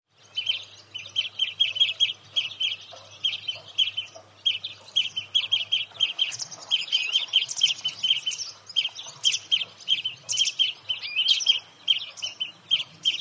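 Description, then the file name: European greenfinch calls: rapid bursts of short chirpy notes in clustered runs, repeated almost continuously, with a low hum early on. "Chloris chloris"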